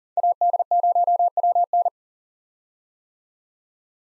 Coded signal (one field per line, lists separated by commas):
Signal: Morse code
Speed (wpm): 40 wpm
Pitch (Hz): 700 Hz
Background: none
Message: AD0WN